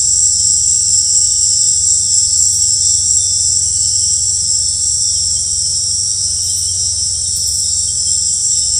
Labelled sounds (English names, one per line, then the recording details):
none
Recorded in dense forest near Puerto Asís, Putumayo, Colombia, on 20 December 2024 at 18:30
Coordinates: 0.468, -76.322
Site G071